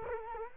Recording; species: mosquito wingbeat signal from an infrared sensor; Culex quinquefasciatus